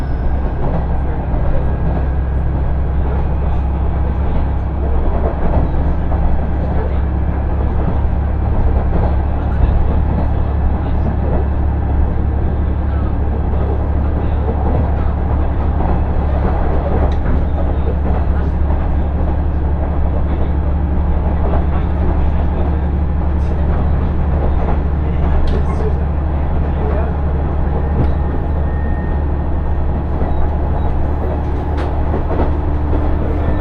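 Inside a two-car diesel railcar on the move, a steady low engine drone and rail rumble continue throughout, with faint voices and occasional clicks.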